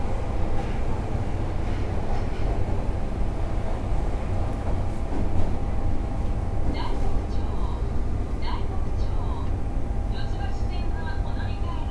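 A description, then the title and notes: An Osaka Metro 10 series chopper train runs with a steady, dense low rumble and roar that barely changes in level. A faint steady tone hums throughout, and brief squeaky chirps and clicks appear around seven, eight and a half, and ten seconds. 大阪市地下鉄 10系チョッパ車 中津から天王寺まで. It is running sound of the Osaka Metro 10 series train (chopper car). I recorded on the Midosuji line.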